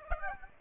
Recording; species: mosquito wingbeat signal from an infrared sensor; Aedes aegypti